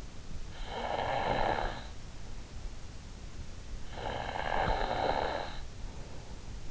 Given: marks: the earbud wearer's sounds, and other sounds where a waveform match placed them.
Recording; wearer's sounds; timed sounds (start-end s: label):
sounds in sleep by an in-ear microphone; snoring breath
0.00-2.62 s: snoring breath
3.42-6.22 s: snoring breath